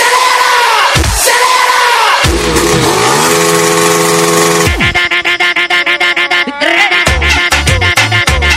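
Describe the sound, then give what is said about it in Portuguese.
Motorcycle engines rev loudly in bursts, pitch sweeping up and down with sharp throttle blips, then settle into a choppy, sputtering idle punctuated by quick revs. “A molecada que fica de gandaia aqui com as motos fazendo mochila nas costas, ratinho na cintura, bonezinho pra trás”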